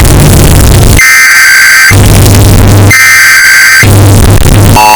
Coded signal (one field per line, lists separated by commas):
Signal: Emergency Alert System (SAME) tones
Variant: header bursts